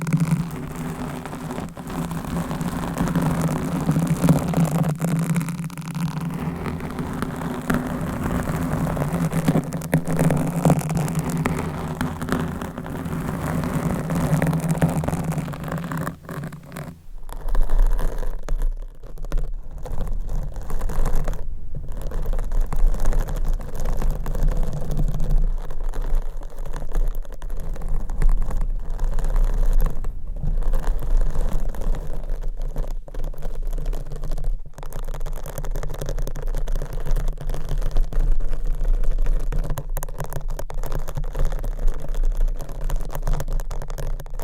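Microphone scratching and rubbing, dense and continuous, with a steady low hum under the first seventeen seconds. Then the sound abruptly turns duller over a deep, constant rumble, broken by brief near-silent gaps around 22, 30 and 35 seconds.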